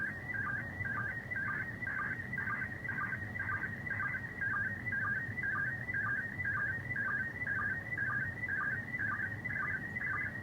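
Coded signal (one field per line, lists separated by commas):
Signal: SSTV (slow-scan television)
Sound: warbling tone sweeping up and down, with a regular short low blip about twice a second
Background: radio static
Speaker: you can see how much clearer this picture is coming in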